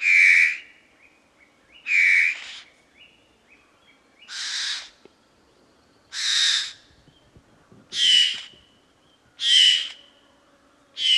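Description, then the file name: Fawn-breasted bowerbird calls: harsh, broad rasping notes with a whistled overtone, given roughly every one and a half to two seconds, seven in a row. "Chla Cerv"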